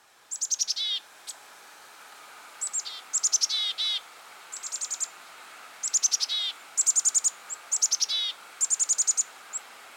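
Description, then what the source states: Black-capped Chickadee giving chick-a-dee calls: high thin introductory notes followed by descending dee notes, in several bursts. Chick-a-dee call, the vocalization that gives the chickadee its name; its call notes can be combined in many ways.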